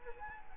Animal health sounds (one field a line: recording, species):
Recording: mosquito wingbeat signal from an infrared sensor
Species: Culex quinquefasciatus